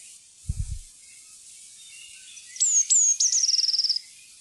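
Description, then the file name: Eurasian blue tit gives high thin introductory notes leading into a quick, evenly repeated trill; a brief low thump is heard near the start. "blaameis"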